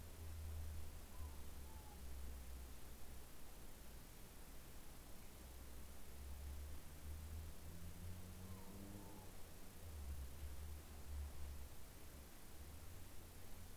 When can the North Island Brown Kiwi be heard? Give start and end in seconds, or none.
none